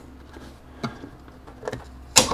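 After a sanding belt is fitted to a Triton 450W oscillating belt sander, the belt tension lever is moved to the lock position. Quieter knocks come at about 0.9 s and 1.7 s, then a sharp, loud hit at 2.2 s as the lever locks into place.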